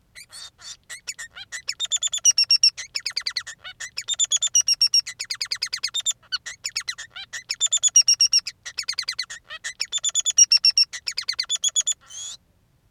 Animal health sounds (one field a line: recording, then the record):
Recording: song of a male Bengalese finch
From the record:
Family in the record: son of father 3